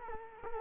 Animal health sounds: mosquito wingbeat signal from an infrared sensor; Culex quinquefasciatus

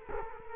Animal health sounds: mosquito wingbeat signal from an infrared sensor; Culex quinquefasciatus

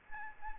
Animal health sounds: mosquito wingbeat signal from an infrared sensor; Aedes albopictus

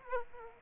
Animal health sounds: mosquito wingbeat signal from an infrared sensor; Aedes aegypti

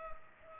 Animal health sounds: mosquito wingbeat signal from an infrared sensor; Culex pipiens

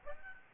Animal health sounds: mosquito wingbeat signal from an infrared sensor; Aedes albopictus

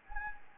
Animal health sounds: mosquito wingbeat signal from an infrared sensor; Anopheles gambiae

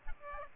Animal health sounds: mosquito wingbeat signal from an infrared sensor; Aedes aegypti

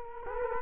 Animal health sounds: mosquito wingbeat signal from an infrared sensor; Culex quinquefasciatus

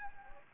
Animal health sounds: mosquito wingbeat signal from an infrared sensor; Anopheles gambiae

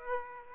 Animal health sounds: mosquito wingbeat signal from an infrared sensor; Aedes aegypti

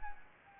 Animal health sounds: mosquito wingbeat signal from an infrared sensor; Anopheles gambiae

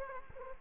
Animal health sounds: mosquito wingbeat signal from an infrared sensor; Culex quinquefasciatus

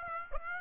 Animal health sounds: mosquito wingbeat signal from an infrared sensor; Aedes aegypti

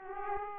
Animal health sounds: mosquito wingbeat signal from an infrared sensor; Aedes aegypti

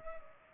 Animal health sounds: mosquito wingbeat signal from an infrared sensor; Culex pipiens

